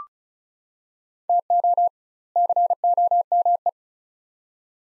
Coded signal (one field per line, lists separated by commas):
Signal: Morse code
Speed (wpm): 36 wpm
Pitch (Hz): 700 Hz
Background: none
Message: TO COME